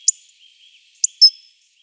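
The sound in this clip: Hawfinch giving short, explosive high clicks: two 'tic' notes followed by a slightly longer sharp note, with faint high twittering behind.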